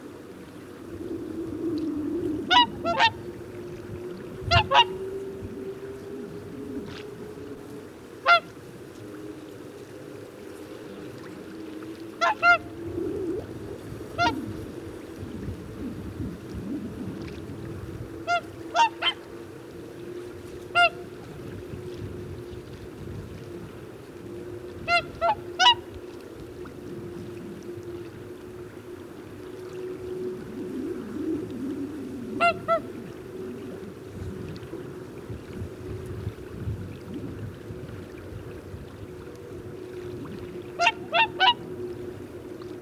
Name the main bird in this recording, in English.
Whooper Swan